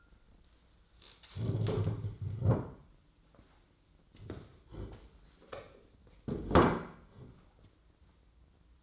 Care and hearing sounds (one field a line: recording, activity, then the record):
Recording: daily activity, microphone in the room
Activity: stand up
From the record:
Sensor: 3